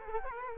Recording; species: mosquito wingbeat signal from an infrared sensor; Culex quinquefasciatus